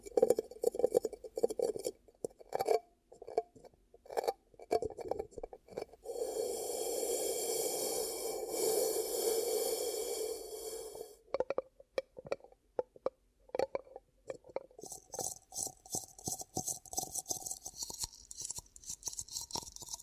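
Ear cupping ASMR sounds: soft muffled pats and cupping thuds come in irregular bursts, then a steadier hollow rubbing whoosh runs from about six to eleven seconds. After that, quick light taps and crinkly clicks return, brighter and more scattered toward the end.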